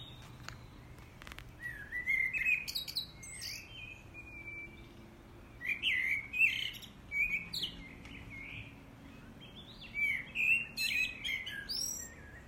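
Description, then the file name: Common blackbird song: a string of varied warbled phrases topped by thin, squeaky flourishes, over steady background noise with occasional sharp clicks. "Turdus merula"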